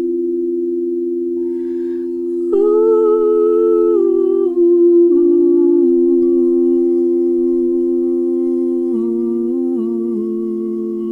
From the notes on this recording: crystal singing bowls and soothing vocals